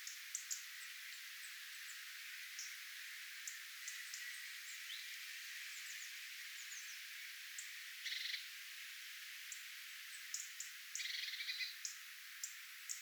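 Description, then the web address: Tit flock calls: scattered thin high notes with a few short buzzy churring bursts, irregularly spaced over steady background hiss. Tit flock, recorded 11 October 2024. "paivat 11 10 2024 punarintoja tiaisparvi"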